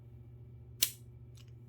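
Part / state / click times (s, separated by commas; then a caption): blade holder plate into razor base plate / seated / 0.8 s. A numbered blade holder plate for a razor is slid along two grooves onto the razor base plate and pushed the last bit home, seating with a sharp click at 0.8 s over a steady low hum. A faint rustle follows around 1.4 s, and the holder plate is in.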